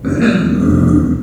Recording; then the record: squeal of a Yucatan mini pig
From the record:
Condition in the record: after surgery on the right vocal fold (resection and tissue-engineered implant); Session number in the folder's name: 6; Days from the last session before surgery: 40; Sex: female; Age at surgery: 19 weeks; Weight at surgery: 25 kg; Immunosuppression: prednisolone